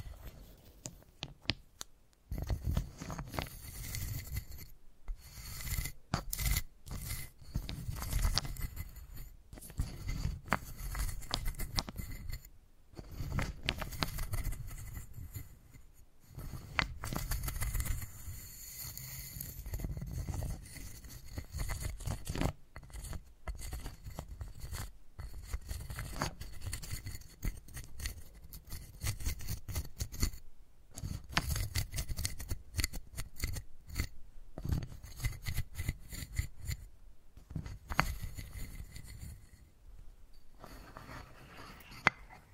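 Wooden balls are rolled and rubbed together in a busy, uneven stream of rattling, scraping contact sounds. Dense bursts of clicking alternate with brief silent gaps every few seconds, and a low rumbling sits beneath the brighter clacks throughout.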